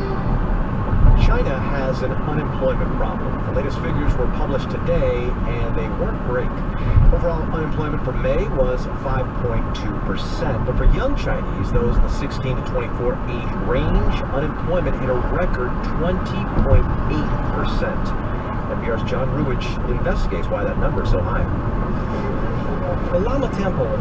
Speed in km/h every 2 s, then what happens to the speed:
64, 64, 64, 61, 61, 61, 61, 61, 61, 63, 63, 63.
0-24 steady at about 61.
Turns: none.